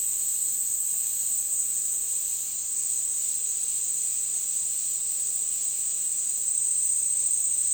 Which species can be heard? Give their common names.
none